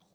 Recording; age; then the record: pig call; piglet (1 to 25 days)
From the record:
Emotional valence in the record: positive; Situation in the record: short reunion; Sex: male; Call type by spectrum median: low-frequency call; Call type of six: low-frequency tonal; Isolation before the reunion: 3 minutes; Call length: 0.14 s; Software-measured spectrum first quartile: 389 Hz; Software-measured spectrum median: 1378 Hz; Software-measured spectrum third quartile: 5410 Hz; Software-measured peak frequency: 182 Hz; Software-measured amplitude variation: 89 dB a second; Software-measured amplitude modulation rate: 10.4 a second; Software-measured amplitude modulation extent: 8.5 dB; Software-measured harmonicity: 3.5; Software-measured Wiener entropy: -2.12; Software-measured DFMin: 1028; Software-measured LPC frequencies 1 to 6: 665, 2283, 3334, 3832, 5843, 7624 Hz